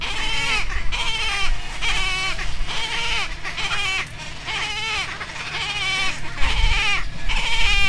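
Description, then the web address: Wood stork calls: a chorus of harsh, wavering bleats, with a low hum underneath. "Wood stork. دانلود-صدای-لک-لک-جنگلی"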